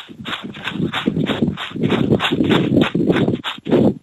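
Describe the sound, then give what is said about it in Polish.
Quick, steady footsteps crunch through dry leaves, each stride a loud, crackling burst in a regular running rhythm that continues for several seconds with no voices. “Nie wiem, jak pod kozakami skrzypią liście, natomiast zdaję sobie sprawę, jak to się odbywa podczas biegania.”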